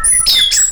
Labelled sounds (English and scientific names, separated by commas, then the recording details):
Stitchbird (Notiomystis cincta) song
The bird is a male
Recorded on Tiritiri Matangi Island, New Zealand, in 2005
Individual 12, of nest box 16